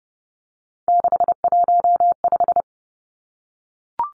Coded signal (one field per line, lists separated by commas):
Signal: Morse code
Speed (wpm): 30 wpm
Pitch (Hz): 700 Hz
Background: none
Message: 615